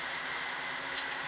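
A silicone/metal sublimation mug wrap clamp for a HIX Corporation SubliPro sublimation oven is being handled and closed around a mug. Two latch clicks are needed for it to apply full pressure. Steady broadband hiss and handling noise fill the clip with a couple of faint brief ticks near 1.0 and 1.1 s, but nothing has seated or clicked yet.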